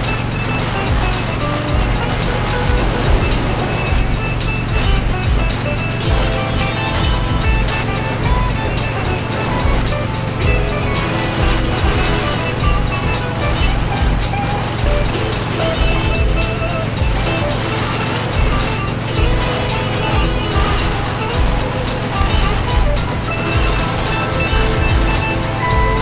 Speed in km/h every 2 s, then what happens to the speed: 90, 92, 92, 93, 93, 90, 93, 92, 90, 93, 92, 90, 92.
0-26 steady at about 92.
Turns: none.